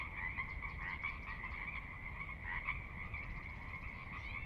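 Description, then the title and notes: Pacific Chorus Frogs croaking in a thick, steady chorus, individual calls blurred together into a continuous buzz, with low rumbling water behind. Recorded at midnight on the valley floor of Sinlahekin Valley, Sinlahekin Wildlife Area, Washington, near the Cascades; distant water spillage in background; unprocessed raw recording. "Sinlahekin Valley midnight. the ever-present Pacific Chorus Frogs that are a fixture of the Northwest Soundscape"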